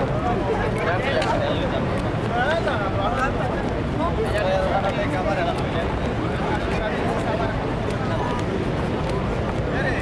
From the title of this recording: Paris, Île de France, France